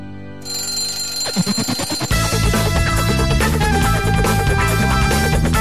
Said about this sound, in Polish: Trójkowy budzik.